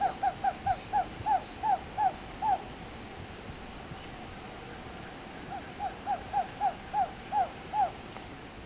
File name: Black tailed trogon